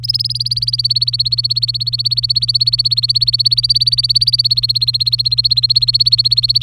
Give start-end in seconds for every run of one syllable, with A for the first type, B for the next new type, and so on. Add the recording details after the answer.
0.03-6.62 A. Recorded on 23 April 2018 at 17:26. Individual llb3